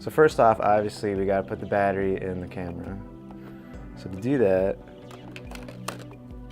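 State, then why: Seated. A battery pack is pushed into the battery mount of a Sony Z150 camcorder while someone talks over background music. A few small handling taps come through, and the pack latches with a sharp click at 5.9 s, seated in the mount.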